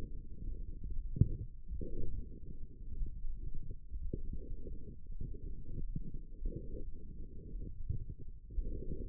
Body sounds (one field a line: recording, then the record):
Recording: forearm muscle sounds (acoustic myography)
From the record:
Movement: forearm supination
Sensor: system 1, eight BSWA MPA416 microphones around the upper forearm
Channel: 3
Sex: male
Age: 18 years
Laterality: right